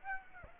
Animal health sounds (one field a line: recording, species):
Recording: mosquito wingbeat signal from an infrared sensor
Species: Aedes aegypti